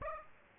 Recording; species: mosquito wingbeat signal from an infrared sensor; Aedes aegypti